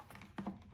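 A plastic filter is handled while being fitted into the housing of a Sanitaire Hydroclean wet-dry floor cleaner, a filter that may not be the right one for this model. Light tapping and handling noises lead to two sharp plastic knocks at about 0.4 s and 0.5 s. The filter has not locked in yet; nothing has seated or clicked.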